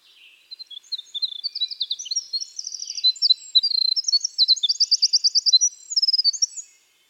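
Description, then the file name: Winter wren song, a tumbling stream of very high, quick notes mixed with rattling trills, lasting about six seconds. "Troglodytes hiemalis - Winter Wren"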